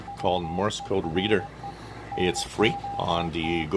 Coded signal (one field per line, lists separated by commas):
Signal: Morse code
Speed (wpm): 20 wpm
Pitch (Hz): 800 Hz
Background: speech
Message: WERE NOT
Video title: Decoding Morse Code CW from W1AW 3581.5 Khz Shortwave